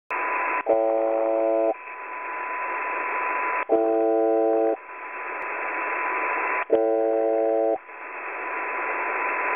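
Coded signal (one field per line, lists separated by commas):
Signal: channel marker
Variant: UVB-76 (The Buzzer)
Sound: three harsh one-second buzzes, about three seconds apart, over hiss and a steady whistle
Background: radio static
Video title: Clear Recording of The Buzzer (UVB 76), 21.03.2018, 18:45 UTC, 4626 kHz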